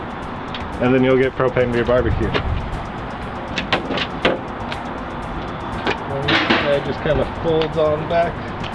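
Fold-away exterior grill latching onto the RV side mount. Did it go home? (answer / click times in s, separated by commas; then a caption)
no / none. Someone talks over background music while the propane-fed fold-away exterior barbecue on a Wildwood Heritage Glen 300BH RV is folded back toward its side mount. Short knocks and handling clatter come at about 3.6, 3.7, 4.3, 4.7, 5.9 and 6.3 s. Nothing has seated or clicked into place yet.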